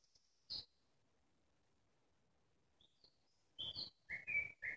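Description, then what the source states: Nightingale giving an isolated sharp note, a long silence, then quick high whistles and loud rich notes. Nightingale singing in the Parus garden community, Moscow region (Podmoskovye).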